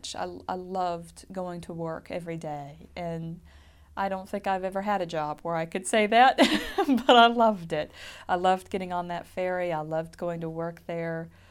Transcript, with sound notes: I, I loved going to work everyday and I don't think I've ever had a job where I can say that (she laughs) but I loved it. I loved getting on that ferry. I loved going to work there.